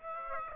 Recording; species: mosquito wingbeat signal from an infrared sensor; Aedes aegypti